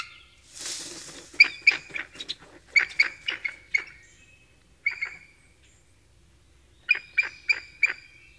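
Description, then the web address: Bald eagle call: thin, high chittering notes in short bursts, with pauses between groups and a brief rustle at the start. North American bird, a common western species. "Songs of Birds of North America Know Your Bird Sounds Common Western Species. Bald Eagle"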